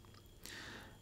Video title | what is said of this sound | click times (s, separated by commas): Jaeger Restoration without LeCoultre !!! | and adjust push and it will click in place | 0.4 s